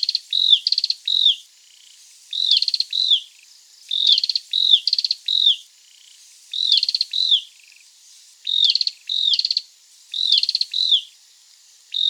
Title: prenjk gnung. Cambodian Tailorbird (Orthotomus chaktomuk)